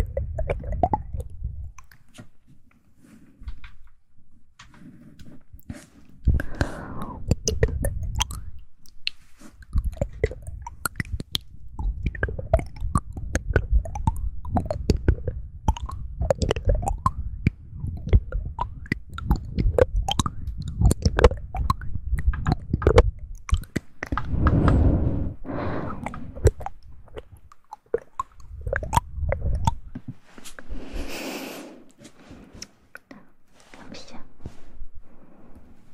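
Tingly mouth sounds: dense, wet clicks and smacks fire in quick irregular bursts across the whole clip, over soft low murmuring. A few breathy swells rise around 6, 25 and 31 seconds, the last one hissy and bright, with brief quiet gaps between them.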